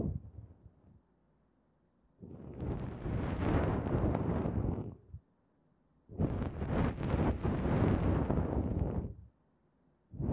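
Ear cleaning makes loud, dense rustling scrapes in bursts of about three seconds, starting near 2 and 6 seconds, separated by near silence.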